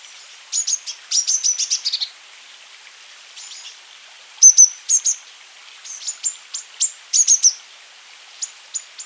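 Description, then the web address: Azure tit calls: scattered high chirps and short note groups with irregular spacing, some clustered and some single, over faint background hiss. "wroblowe ptaki cyanistes cyanus"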